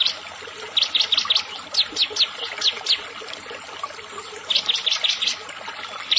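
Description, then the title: Prinia song: bursts of sharp, rapid high-pitched notes repeated in quick series, pausing between runs. "Ciblek Sawah"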